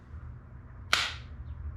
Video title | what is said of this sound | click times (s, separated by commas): Replacing The Tail Light Panels On A 88-98 Chevy GMT400 Pick-Up | and just click right into place and yes I flinched because for a second I thought the ball broke | 0.9 s